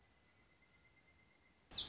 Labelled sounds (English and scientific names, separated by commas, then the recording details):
Pileated Woodpecker (Dryocopus pileatus)
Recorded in Sonoma County, California